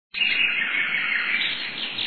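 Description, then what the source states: Birds calling in a dense, continuous chorus of high chirps and tweets that runs unbroken for about two seconds, with a soft low rumble beneath. Safari birds.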